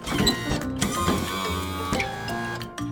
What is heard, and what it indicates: A wheelchair that's moved by a motor. There's often a joystick or a controller on the arm of the chair, and the person sitting in the chair uses it to steer where they're going.